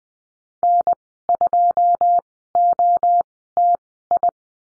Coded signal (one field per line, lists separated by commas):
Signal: Morse code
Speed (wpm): 20 wpm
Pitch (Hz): 700 Hz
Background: none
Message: N2OTI